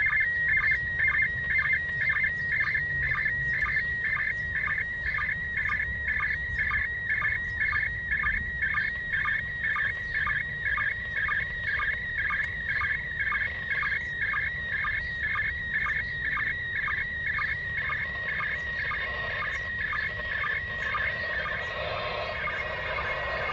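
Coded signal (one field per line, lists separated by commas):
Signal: SSTV (slow-scan television)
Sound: warbling tone around 2 kHz with rhythmic chirps about twice a second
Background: radio static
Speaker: this was a pretty impressive receipt when you think about it uh considering that it's now close to 40 degrees in altitude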